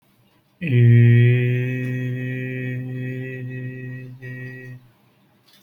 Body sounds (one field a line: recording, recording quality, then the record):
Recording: sustained vowel as in made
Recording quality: excellent, no background noise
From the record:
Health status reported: healthy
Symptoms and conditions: none ticked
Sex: male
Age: 20 years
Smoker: not ticked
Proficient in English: yes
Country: India